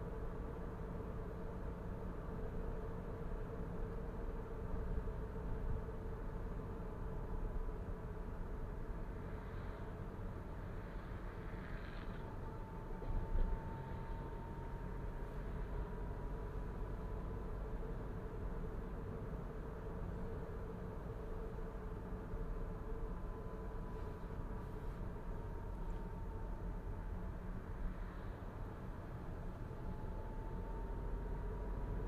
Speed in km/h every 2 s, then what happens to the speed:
44, 44, 42, 39, 37, 35, 36, 38, 42, 42, 42, 40, 37, 34, 34, 38.
0-10 slows to 35. 10-17 speeds up to 42. 17-26 slows to 34.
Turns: none.